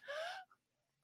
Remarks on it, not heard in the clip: It's my asthma that I picked up over the last 2 weeks. Sorry if there's any wheezing.